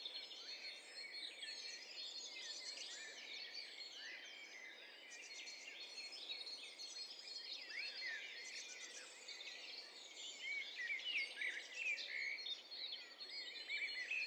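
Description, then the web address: Birds singing together in a dense, overlapping chorus of high twitters, trills and whistles, with a steady background hiss. Several birds singing at once in an overlapping mix. "Hi Fi STEREO BIRD COCKTAIL PARTY Challenge SBCP TESTSET HDBird Cocktail Party"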